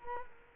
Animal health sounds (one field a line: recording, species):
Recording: mosquito wingbeat signal from an infrared sensor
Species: Culex quinquefasciatus